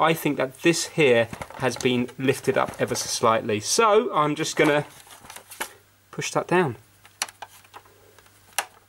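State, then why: Seated. Someone talks while repairing the disc mechanism of a Sony PlayStation 1, pushing down a part near the disc spindle that had lifted up slightly. After a few soft taps and handling noises, the part clicks sharply back into place at 8.6 seconds.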